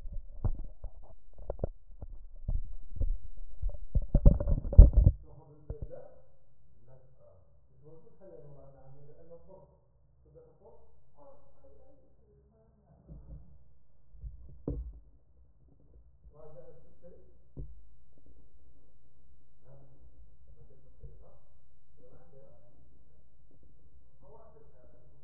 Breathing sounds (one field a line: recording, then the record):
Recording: lung sounds by stethoscope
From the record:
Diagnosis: emphysema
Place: left posterior upper chest